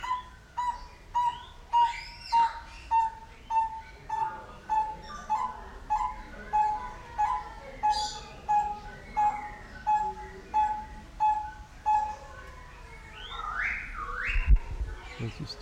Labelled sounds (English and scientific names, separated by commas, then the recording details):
Vieillot's Barbet (Lybius vieilloti) call
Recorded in captivity
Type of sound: call sequence
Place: Zoo Berlin, Berlin, DE
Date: 1995-01-14 11:30
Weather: heiter bis wolkig, -1°C
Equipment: Marantz CP 430, Sennheiser ME 80, Kopie Uher Variocord 263
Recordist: Tembrock, Günter
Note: Rufreihe mit Einleitungsphrase. Abstand 5 m